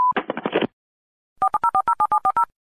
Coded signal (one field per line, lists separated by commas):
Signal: DTMF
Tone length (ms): 80 ms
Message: 40407740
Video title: LA PEGA EN RADIO FARODEPORTES/ LA QUINTA ESTACION RADIO (hecho con Spreaker)